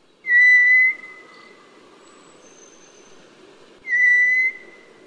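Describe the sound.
White's thrush song: two long, thin, steady whistles on a single pitch, each under a second and spaced about three and a half seconds apart, with a quiet background between.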